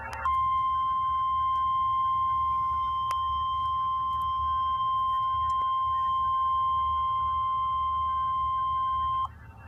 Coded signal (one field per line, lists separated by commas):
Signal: Emergency Alert System (SAME) tones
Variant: 1050 Hz attention tone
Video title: EAS Alert #64: Severe Thunderstorm Warning for Richland County In North Dakota.